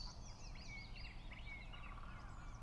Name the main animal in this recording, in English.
Song Thrush